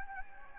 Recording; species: mosquito wingbeat signal from an infrared sensor; Anopheles gambiae